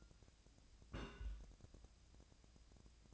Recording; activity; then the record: daily activity, microphone in the room; place on stove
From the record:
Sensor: 2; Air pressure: 999.8 hPa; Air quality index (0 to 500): 124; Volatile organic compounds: 2 ppm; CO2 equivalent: 1068 ppm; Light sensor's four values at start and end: 33/81/35/39 and 32/80/35/39